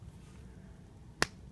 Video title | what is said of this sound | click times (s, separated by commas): Truforce Megaman X review from NYCC | there we go there's a nice little click so now we know he's installed now | 1.2 s